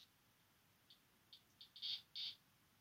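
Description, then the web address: Sabana Surinam toad calling: short high ticking pulses speeding up into two longer, louder buzzy notes at the end. Male vocalizations. "pipa parva vokalizace samci"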